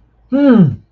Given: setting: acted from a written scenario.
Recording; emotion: vocal sound without words; triumph